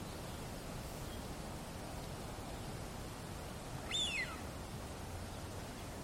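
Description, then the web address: Eurasian wigeon whistle: a single clear, falling note about four seconds in, standing out from a constant rushing noise. "linnut haapana"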